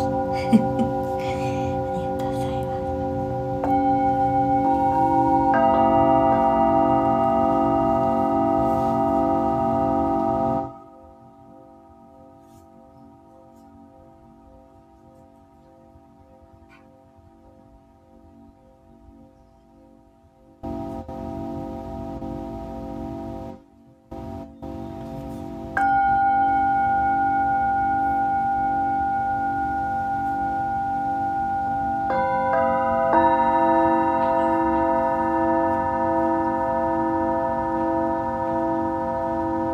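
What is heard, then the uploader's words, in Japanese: Tibetan singing bowls ring with long, steady sustained tones, several pitches layered and new strikes adding bright overtones around 4, 6 and 33 seconds. The sound drops to a quiet, low hum from about 11 to 21 seconds before the full ringing returns. 深夜のシンギングボウルのサウンドヒーリング。チベタンシンギングボウル。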